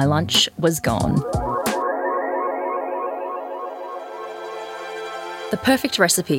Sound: bassline cuts out; a sparkle repeats and delays, punctuating the moment